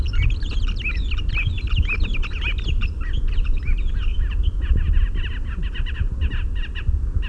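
Bird calls, a dense chatter of quick chirps and sliding notes running continuously, with a constant low rumble beneath.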